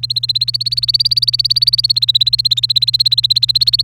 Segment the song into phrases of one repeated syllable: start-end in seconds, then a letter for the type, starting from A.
0.00-3.82 A